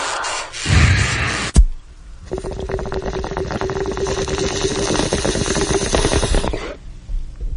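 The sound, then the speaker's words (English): Bong hit: a brief airy hiss and a sharp click, then about four seconds of steady, rapid water bubbling with a low gurgling hum as someone inhales, cutting off abruptly. “with a bong rip.”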